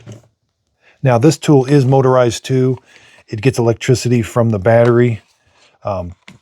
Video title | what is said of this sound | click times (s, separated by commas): I Tested 100+ Vacuums… This One Surprised Me | push this down and it clicks into place. | 0.1 s